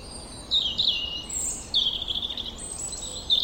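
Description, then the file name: European robin song in short high phrases: thin sliding whistles and brief trills with a pause between each, over soft background hiss. "Erithacus rubecula"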